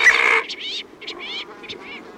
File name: Brown Teal